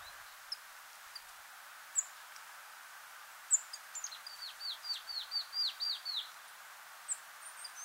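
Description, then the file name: Marsh tit delivering a rapid run of several identical down-slurred notes, with a few scattered high chips before and after, against a soft hiss. "Poecile palustris"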